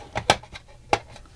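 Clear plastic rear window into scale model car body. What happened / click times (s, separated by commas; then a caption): The plastic part snapped into place / 0.3 s, 0.9 s. The clear plastic rear window of a 1:8 scale Ford GT model car is fitted bottom tabs first, then pressed so its other tabs snap into the body shell. Two loud, sharp snaps come at 0.3 s and 0.9 s, with fainter small clicks around them. The window seats in the body.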